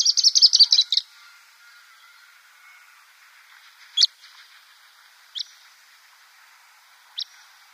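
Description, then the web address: Pied kingfisher calls: a rapid, shrill chattering burst of high squeaky notes, then three single sharp kwik notes spaced one to two seconds apart. "Schulze Peter Pied Kingfisher"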